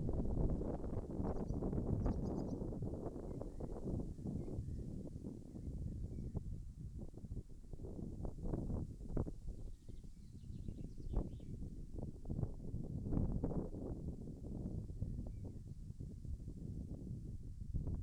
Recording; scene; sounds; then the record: everyday scene through a hearing-aid microphone; wind on the microphone; wind, birds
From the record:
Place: in front of a rural house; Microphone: behind the ear, left, front